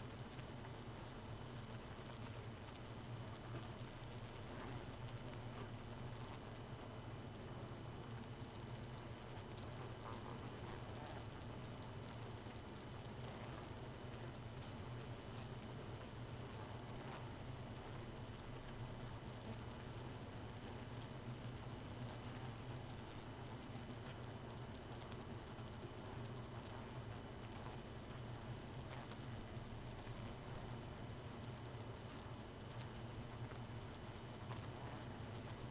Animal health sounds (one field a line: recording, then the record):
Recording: honeybee colony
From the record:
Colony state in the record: missing queen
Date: 31 May 2018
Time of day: 2:37